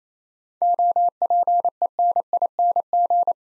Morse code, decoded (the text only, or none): OPENING